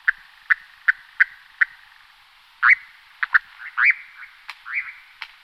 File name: lelek-lesní